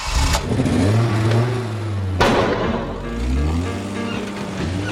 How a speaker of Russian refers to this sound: Зажигаются фары, и машина рывками трогается с места.